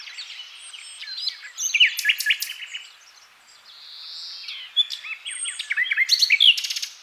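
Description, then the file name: Common nightingale song in varied bursts of sharp chirps and short trills, separated by a quieter gap with a soft hiss. "Luscinia megarhynchos"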